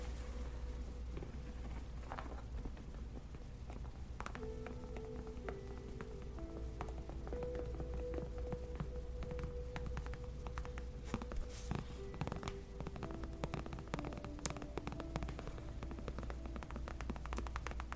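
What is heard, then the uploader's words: Gentle tapping on leather, soft irregular taps scattered across the whole clip with a few sharper clicks around the middle. A low steady hum runs underneath, and from about four seconds on faint held tones sit at a fixed pitch behind the taps. Gentle Leather Tapping For Sleep & Relaxation.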